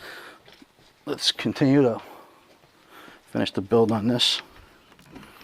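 A plastic accessory, a rod holder or GoPro/light mount, is handled and pressed toward its mount base on a 2016 Ascend FS12T kayak during a rod holder modification. Someone talks over quiet background noise, with a faint brief tap near 5.0 s. Nothing has seated or clicked into place yet.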